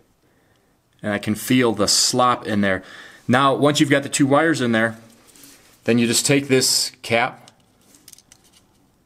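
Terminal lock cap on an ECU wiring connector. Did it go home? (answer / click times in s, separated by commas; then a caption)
no / none. Someone talks while handling a plastic terminal-lock cap on an Infinity ECU wiring connector, with two wires in and some slop in the terminals. A few faint light ticks follow around 8.1–8.3 s. The cap has not been pushed down yet and nothing has seated or clicked.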